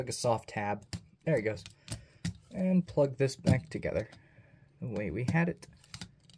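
Someone talks while handling the plastic parts of a transforming action figure, a Kingdom Commander Class Rodimus Prime, plugging them back together. Only faint handling ticks are heard near the end, and nothing has seated or clicked yet.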